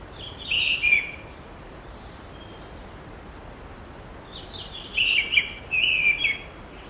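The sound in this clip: Bird song with two high, chattering phrases, one early and a longer one near the end, separated by a quiet hissy pause.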